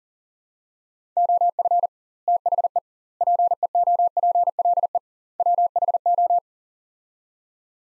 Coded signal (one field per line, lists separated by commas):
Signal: Morse code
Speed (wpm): 40 wpm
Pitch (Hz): 700 Hz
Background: none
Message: OF THE PEOPLE WHO